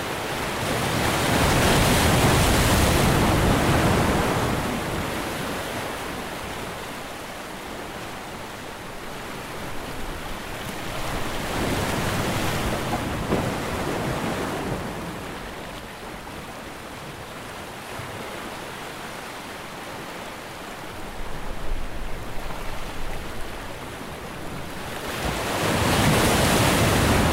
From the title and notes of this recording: Ocean Waves Calmly Crashing Against Rocks.